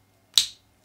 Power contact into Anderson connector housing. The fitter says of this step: there you go yeah so you'll hear two clicks and that means it's locked into place now that's perfect